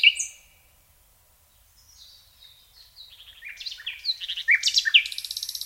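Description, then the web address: Common nightingale song, a sharp note then soft whistles building into loud, varied chattering phrases and a fast rattling trill at the end. "SETE data Luscinia megarhynchos"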